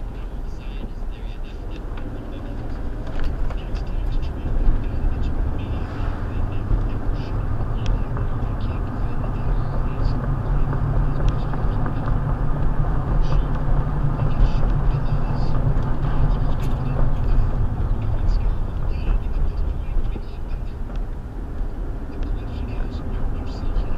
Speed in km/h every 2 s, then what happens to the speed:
13, 21, 31, 39, 45, 48, 50, 47, 37, 24, 21, 31.
0-10 speeds up to 48. 14-19 brakes to 21. 19-24 speeds up to 31.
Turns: 0-5.